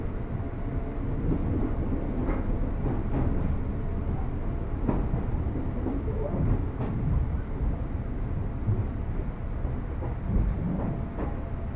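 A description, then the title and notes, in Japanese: A train ride on Japan's Nambu and Tsurumi lines: a steady, dense low rumble of a rail car runs throughout, with a faint thin tone held underneath. Short clunks and rattles from the wheels and carriage break through every second or two. 耳で楽しむ鉄道旅 南武線・南武支線・鶴見線。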